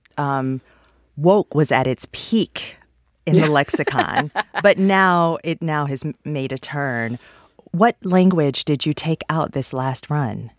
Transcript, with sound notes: woke was at its peak in the lexicon.
(Laughter).
But now it now has made a turn. What language did you take out this last run?